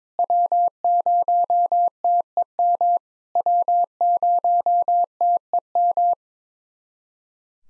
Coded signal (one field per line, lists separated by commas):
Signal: Morse code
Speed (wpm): 22 wpm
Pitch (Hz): 700 Hz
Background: none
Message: W0TEM W0TEM